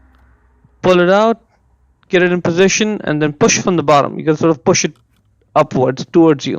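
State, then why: Not seated. Someone talks while handling the glove box damper arm of a 2012–2016 Honda CR-V, getting it in position to push it up from the bottom onto its mounting pin. Nothing has seated or clicked yet.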